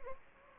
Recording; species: mosquito wingbeat signal from an infrared sensor; Anopheles gambiae